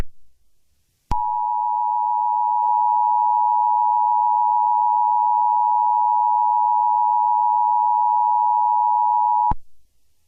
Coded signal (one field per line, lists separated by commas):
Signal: Emergency Alert System (SAME) tones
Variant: 853 and 960 Hz attention tone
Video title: Tornado In GSP (Greenville/Spartanburg) Area. Contains with VALID EAS TONE